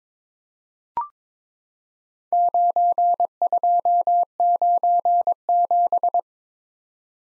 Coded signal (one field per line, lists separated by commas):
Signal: Morse code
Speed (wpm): 22 wpm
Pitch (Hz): 700 Hz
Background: none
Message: 9297